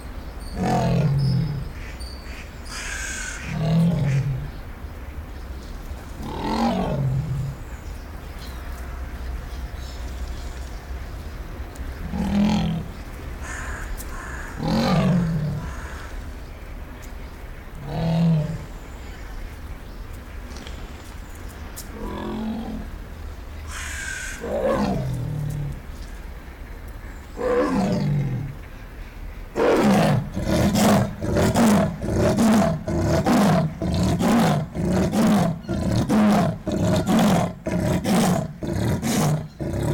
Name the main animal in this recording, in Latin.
Panthera pardus